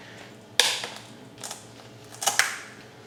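The lens of a Dye i4 airsoft/paintball mask is lined up with the tab on the inside of the frame and pulled back into it. Sharp plastic clicks land at 0.6 s and 2.4 s, with softer handling rustles in between, and the lens is seated in the frame.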